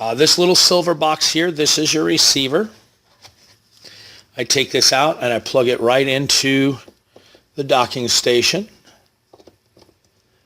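Someone talks while taking out a small silver wireless microphone receiver and lining it up over its docking station to plug it in. Only soft handling noises and a few faint taps follow near the end, and the receiver has not yet seated or clicked into the dock.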